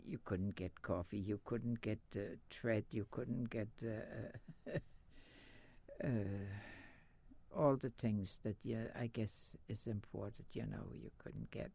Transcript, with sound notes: you couldn't get coffee, you couldn't get thread, you couldn't get (she laughs) all the things that, I guess, is important, you know, you couldn't get.